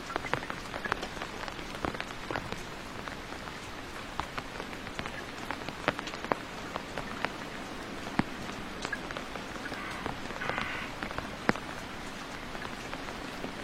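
Continuous rain patters steadily on a surface, a dense hiss filled with countless small drops. Sharper, brighter drips stand out irregularly every fraction of a second, some louder. A brief softer rustle appears around ten seconds.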